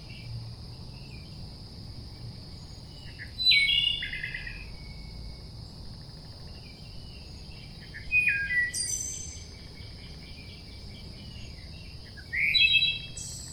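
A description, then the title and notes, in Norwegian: A wood thrush sings three separate phrases, at about 3.5, 8 and 12.5 seconds, each a quick run of flute-like notes ending in a bright, trilling flourish. Between phrases a steady high insect whine holds throughout, over a low, rumbling background murmur. Flekkskogtrosten (Hylocichla mustelina) kan synge to sanger samtidig.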